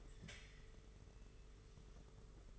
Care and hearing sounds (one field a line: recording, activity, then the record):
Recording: daily activity, microphone in the room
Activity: take from stove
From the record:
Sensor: 4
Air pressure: 991.9 hPa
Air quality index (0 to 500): 85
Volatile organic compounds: 6 ppm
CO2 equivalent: 1933 ppm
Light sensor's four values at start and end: 21/75/27/29 and 21/75/27/29